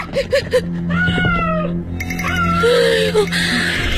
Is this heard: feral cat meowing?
yes